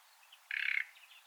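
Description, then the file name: Common nightingale call, a single brief dry rattle of rapid pulses lasting about a third of a second, standing out against a quiet background. "Luscinia megarhynchos"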